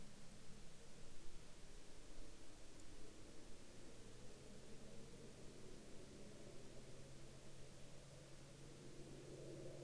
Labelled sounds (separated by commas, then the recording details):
man-made sound
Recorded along the Dempster Highway, Canada, on 22 October 2019 at 17:21
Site 21